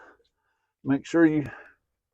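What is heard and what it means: Fuel injectors on a fuel rail are being worked down into the intake manifold ports of a Squarebody LS swap while someone talks briefly. Nothing has seated or clicked into place yet; the injectors are still being handled and have not gone home.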